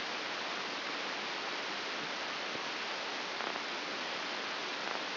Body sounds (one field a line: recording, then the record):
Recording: brain microelectrode recording played as sound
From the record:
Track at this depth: outside the subthalamic nucleus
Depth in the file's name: 7.06 mm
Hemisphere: left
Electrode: 2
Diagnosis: Parkinson's disease